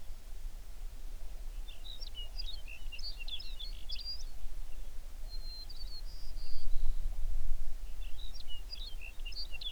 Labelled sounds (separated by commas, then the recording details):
songbird
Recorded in the Prudhoe Bay oil fields, Alaska, on 11 June 2019 at 05:23
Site 21